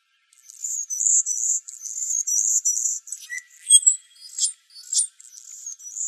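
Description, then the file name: Anna's hummingbird producing a thin, high scratchy buzz in rapid pulses, then sharp squeaks and chips near the end; nothing else audible. Recorded in Arizona. "ANHU 1 deviche"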